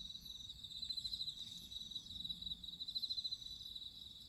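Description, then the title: Crickets trill in a high pulsing band with a few louder bursts of chirping and a soft low hum beneath. Crickets singing at midnight. "Listen to nature crickets singing at midnight"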